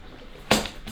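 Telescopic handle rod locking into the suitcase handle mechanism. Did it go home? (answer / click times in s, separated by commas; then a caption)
yes / 0.5 s. After its mechanism is reassembled with the stubby parts that leave clearance for the button to operate the rod, a cabin baggage suitcase's telescopic handle is pulled to the halfway position. A sharp click at 0.5 s marks the handle rod locking into place there, followed by a brief tick and a faint rattle. The handle is seated and locks at halfway.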